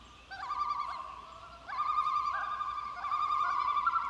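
Loon wail, a sustained, slightly wavering tonal note broken into a few joined phrases over about four seconds.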